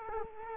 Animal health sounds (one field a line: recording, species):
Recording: mosquito wingbeat signal from an infrared sensor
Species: Culex quinquefasciatus